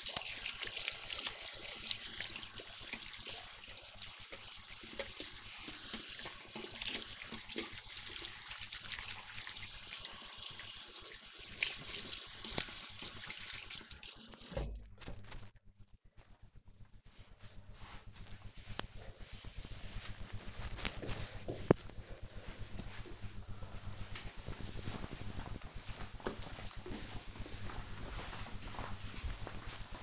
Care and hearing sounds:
household activities, microphone on the right wrist
0.00-16.19 s: washing hands

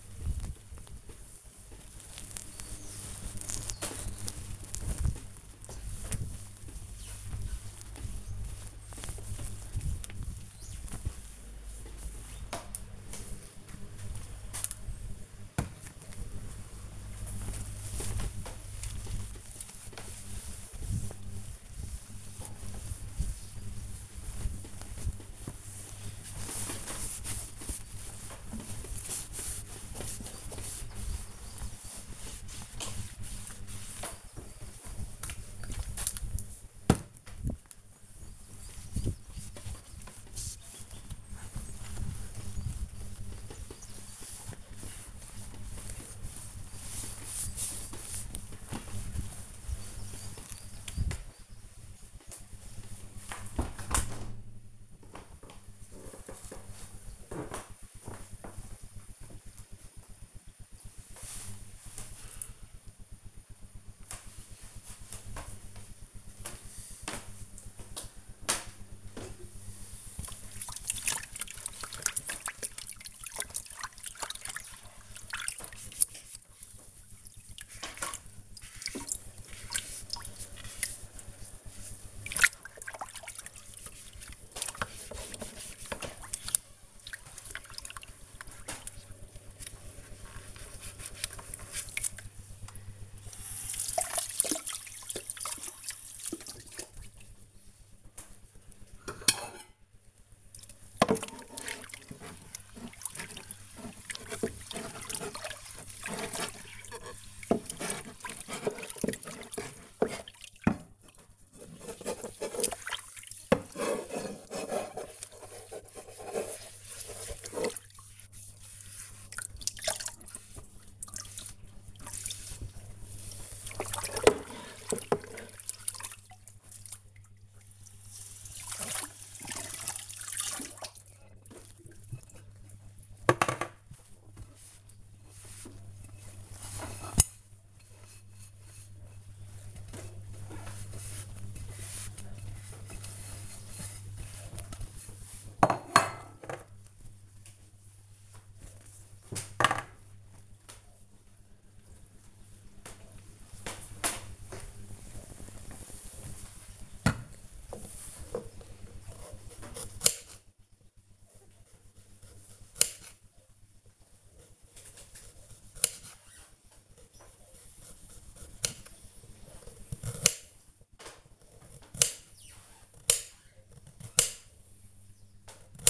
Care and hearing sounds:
household activities, microphone on the right wrist
0.00-56.15 s: window cleaning
68.24-149.92 s: washing dishes
155.95-175.90 s: cutting vegetables

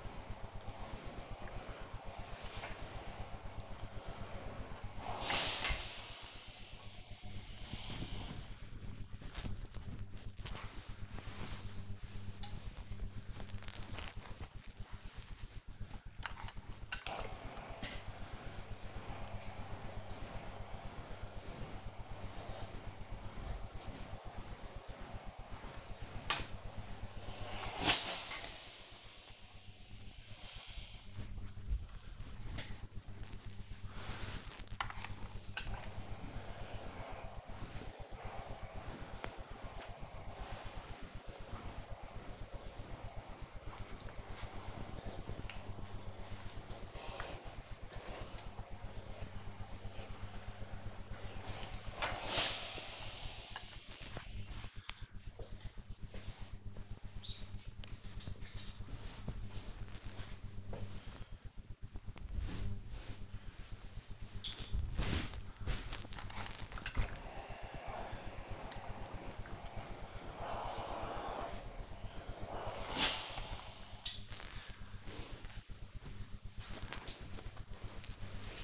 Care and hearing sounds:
household activities, microphone on the right wrist
0.00-78.64 s: ironing laundry

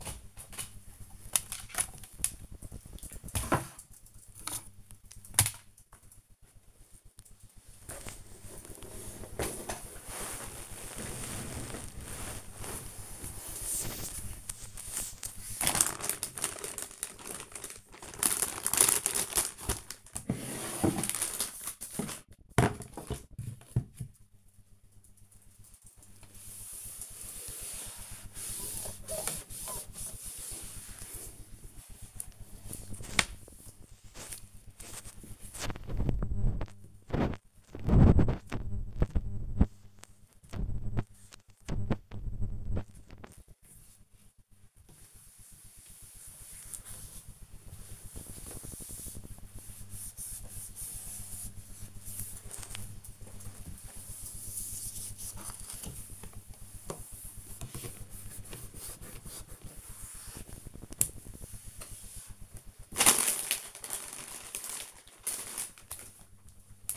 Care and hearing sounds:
household activities, microphone on the right wrist
0.00-5.66 s: cleaning the cupboard
8.68-23.80 s: tidy up the cupboard
28.83-62.06 s: cleaning the cupboard

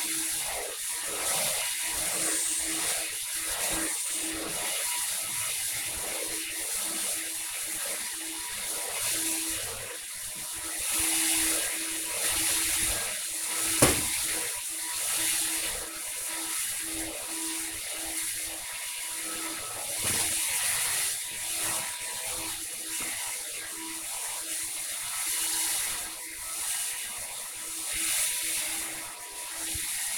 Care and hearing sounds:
household activities, microphone on the right wrist
0.00-30.18 s: vacuum cleaning

